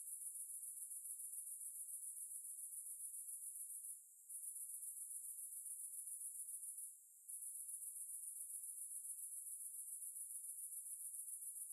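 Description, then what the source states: Cicadas buzzing in a continuous, high, shimmering drone with a steady pulsing texture, broken by two brief pauses. Cicada ambience.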